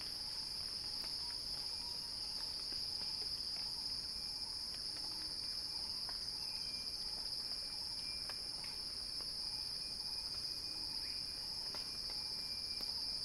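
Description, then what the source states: Cicada buzzing, high and unwavering for the whole stretch, with a faint thin tone and scattered light ticks in the background. Cicada song building in a crescendo.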